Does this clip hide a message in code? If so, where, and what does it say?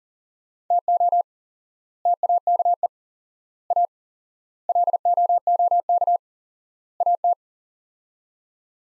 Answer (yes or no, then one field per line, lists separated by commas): yes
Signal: Morse code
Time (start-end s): 0.7-7.3 s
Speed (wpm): 40 wpm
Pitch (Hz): 700 Hz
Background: none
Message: TO TAKE A LOOK AT